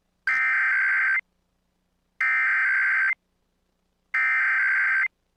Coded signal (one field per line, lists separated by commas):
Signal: Emergency Alert System (SAME) tones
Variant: header bursts